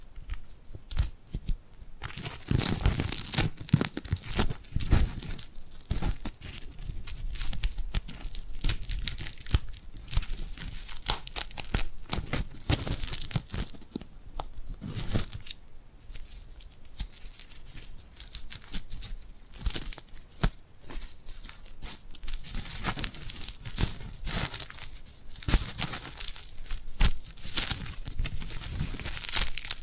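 Glued hands peel and press together in a steady stream of sticky crackles and tearing sounds. Dense, rapid clicks and rips fill the whole half minute, bright and crisp, with brief quieter gaps around five, sixteen and twenty-three seconds.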